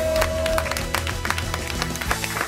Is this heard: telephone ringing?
no